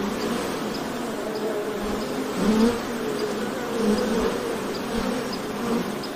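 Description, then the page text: Honey bees humming in a crowd, an even low buzz with a few louder bees swelling past around the middle and near the end. Ambient sound of the wing buzzing of honey bees. "環境音 ミツバチの羽音｜ Honey Bees Sound"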